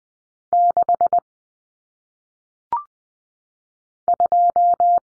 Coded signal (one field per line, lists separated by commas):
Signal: Morse code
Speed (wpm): 20 wpm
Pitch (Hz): 700 Hz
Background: none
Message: 6 2